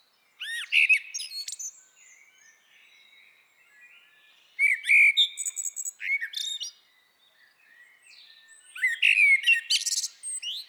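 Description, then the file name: Common blackbird song: three separate phrases, each a low fluted warble breaking into a high squeaky twitter, spaced about four seconds apart with quiet gaps. "Turdus merula"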